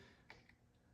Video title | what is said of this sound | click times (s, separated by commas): How to install Spark Plug Wires on Your C6 Corvette - Edelbrock Ultra Spark 50 Ls1,Ls2,Ls3,Ls7,Ls9 | then go in on your coil pack, push it in until it clicks again. | 0.3 s